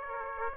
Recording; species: mosquito wingbeat signal from an infrared sensor; Aedes aegypti